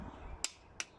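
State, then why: Torque reached. A click-type torque wrench set to 25 Nm tightens a spark plug into a cylinder head, giving two sharp, bright clicks at 0.4 s and 0.8 s over low background rumble. The wrench clicks at its setting, confirming the plug has reached the 25 Nm torque spec.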